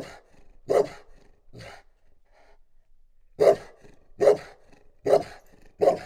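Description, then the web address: Dog barks in two bursts: three rough barks, a brief pause, then four more in steady rhythm. Chained dog at the end of its chain, outdoors at the Oktáva tourist house near Eger, dated 01-28. "allathangok termeszetben kutya lancvegencsahol octava egerturistahaz 01 28"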